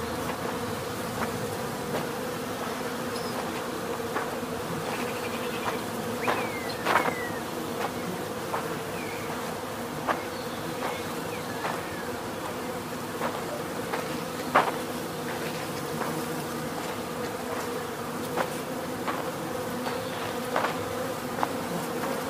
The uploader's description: the buzzing of millions of bees building a massive hive